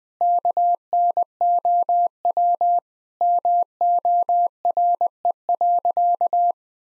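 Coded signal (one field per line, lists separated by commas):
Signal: Morse code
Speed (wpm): 20 wpm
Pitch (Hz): 700 Hz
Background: none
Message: KNOW MORE.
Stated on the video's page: Morse practice sentences with common six-word phrases at 20 wpm, each sent, then spoken, then sent again.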